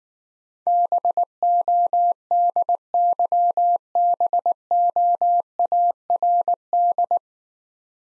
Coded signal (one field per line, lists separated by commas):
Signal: Morse code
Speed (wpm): 19 wpm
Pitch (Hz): 700 Hz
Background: none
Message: BODYBOARD